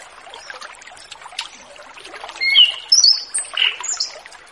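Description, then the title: Orange-headed thrush song: quiet at first, then a cluster of high, sweet whistled and twittering notes in the second half, over background hiss. Relaxed, open full-voiced song (ngeplong santai), a stimulus recording to prompt young orange-headed thrushes just past the spotted juvenile (trotol) stage to sing. "Anis Kembang Ngeplong Santai , Untuk Pancingan Anis Kembang Lepas Trotol"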